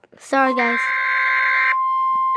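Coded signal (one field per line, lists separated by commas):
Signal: Emergency Alert System (SAME) tones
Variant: header bursts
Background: speech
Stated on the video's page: Mock EAS alerts.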